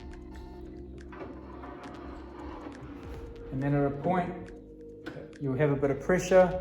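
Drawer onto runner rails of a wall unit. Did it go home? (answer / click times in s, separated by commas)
no / none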